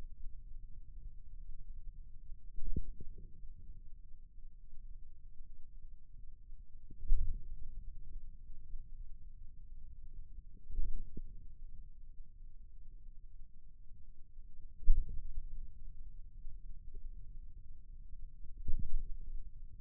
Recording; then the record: forearm muscle sounds (acoustic myography)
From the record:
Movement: ulnar deviation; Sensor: system 2, bracelet of six BSWA MPA416 microphones around the upper forearm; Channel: 1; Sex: male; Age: 22 years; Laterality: right